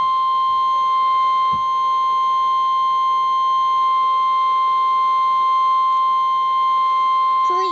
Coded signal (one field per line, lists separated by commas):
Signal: Emergency Alert System (SAME) tones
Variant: 1050 Hz attention tone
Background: speech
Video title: Real NOAA Weather Radio EAS Alert #276 + Half of a TV EAS Alert